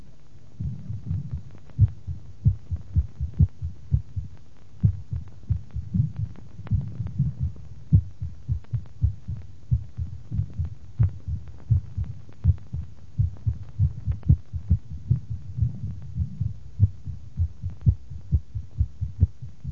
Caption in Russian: При мерцательной аритмии диагностика митрального стеноза по аускультативным данным нередко затруднена, так как некоторые из характерных признаков порока стерты. В частности, исчезает типичный пресистолический шум, трудно различить первый и второй тоны и тон открытия митрального клапана.